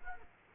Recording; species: mosquito wingbeat signal from an infrared sensor; Culex quinquefasciatus